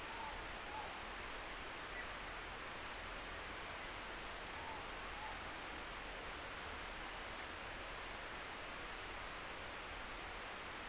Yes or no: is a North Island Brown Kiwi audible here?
no